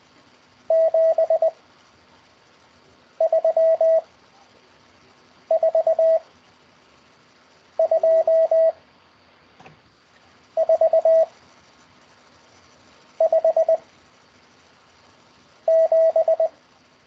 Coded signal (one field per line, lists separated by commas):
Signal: Morse code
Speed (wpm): 20 wpm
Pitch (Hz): 650 Hz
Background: none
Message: 7 3 4 2 4 5 7